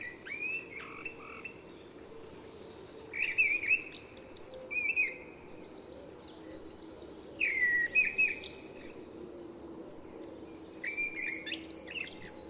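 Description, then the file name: Mistle thrush delivering a series of brief, loud whistled phrases, each followed by a pause of one to three seconds, with faint hiss underneath. "Misteldrossel"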